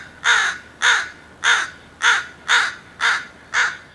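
Crow cawing: seven harsh, hoarse caws delivered steadily about every half second.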